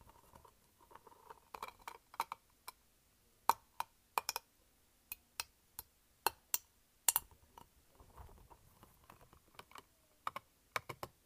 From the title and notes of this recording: ASMR Light-Up Spiky Ball.